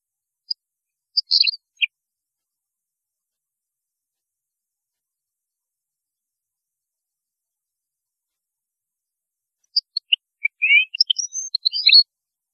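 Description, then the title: European goldfinch song: sparse high chips early on, then a brief jumbled twittering phrase near the end, with long silence between. "Chant Chardonneret"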